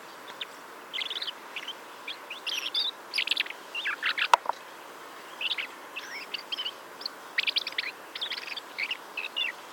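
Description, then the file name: Common blackbird giving bursts of short, high chip and chatter notes, spaced irregularly, with one sharp click in the middle. "Turdus merula"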